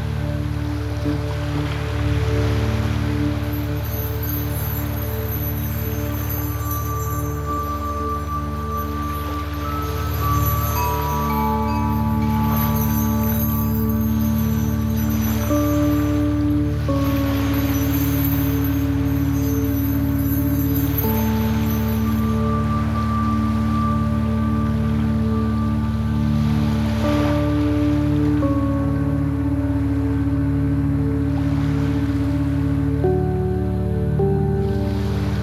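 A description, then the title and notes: Soft, sustained chime tones hang and slowly change pitch over a deep, steady low hum, with notes shifting every few seconds. Waves wash in gently underneath, swelling around the start, near ten seconds, and again late in the clip, at an even loudness throughout. Soft Chimes and Waves.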